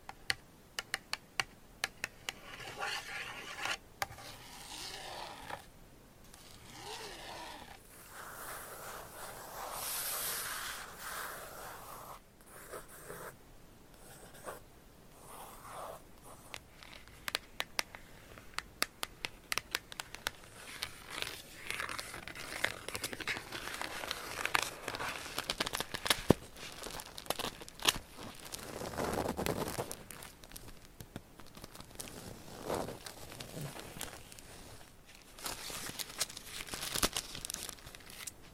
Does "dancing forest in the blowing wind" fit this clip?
no